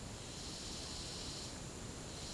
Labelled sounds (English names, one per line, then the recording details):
none
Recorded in secondary vegetation near Puerto Asís, Putumayo, Colombia, on 20 December 2024 at 09:00
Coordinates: 0.489, -76.322
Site G059